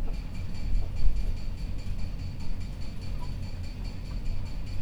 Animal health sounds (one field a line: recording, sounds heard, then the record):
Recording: poultry house recording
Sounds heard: healthy chickens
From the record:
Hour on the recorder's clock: 21